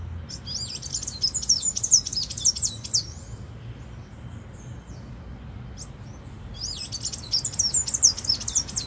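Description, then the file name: Tanager singing two bursts of high, squeaky, rapidly twisting notes, separated by a quiet gap with low background hum. "Canto do sanhacu verde"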